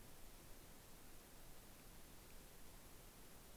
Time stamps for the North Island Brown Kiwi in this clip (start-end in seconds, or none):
none